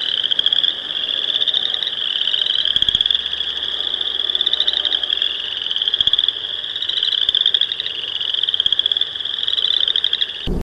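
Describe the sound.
Chorus frog chorus, many frogs giving rapid trills that overlap continuously.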